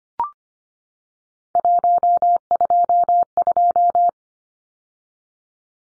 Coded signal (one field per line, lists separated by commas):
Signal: Morse code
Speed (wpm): 25 wpm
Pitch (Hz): 700 Hz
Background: none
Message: 122